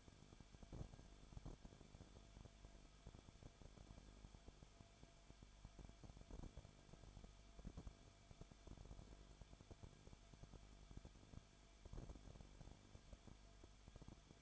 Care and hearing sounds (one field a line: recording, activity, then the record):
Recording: daily activity, microphone in the room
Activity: no activity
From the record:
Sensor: 5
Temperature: 20.3 degrees Celsius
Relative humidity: 39.8%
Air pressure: 1010.8 hPa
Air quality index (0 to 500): 165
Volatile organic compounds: 15 ppm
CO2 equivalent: 2501 ppm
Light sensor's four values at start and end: 2/3/1/1 and 2/3/1/1